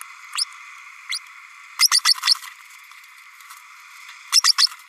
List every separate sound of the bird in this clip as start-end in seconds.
0.35-0.44, 1.11-1.19, 1.79-1.88, 1.91-2.00, 2.26-2.34, 4.32-4.42